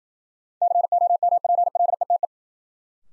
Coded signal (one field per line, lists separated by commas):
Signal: Morse code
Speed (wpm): 53 wpm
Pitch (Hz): 700 Hz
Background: none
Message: COMPLETE